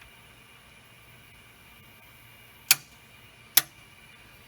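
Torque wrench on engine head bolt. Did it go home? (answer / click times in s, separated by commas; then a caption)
yes / 2.7 s, 3.6 s. A torque wrench set to its final value of 100 is pulled on the number one head bolt of a Ford 9700 tractor engine. Over a quiet steady hum, it gives two sharp clicks at 2.7 s and 3.6 s. The clicks mean the bolt has reached the 100 setting.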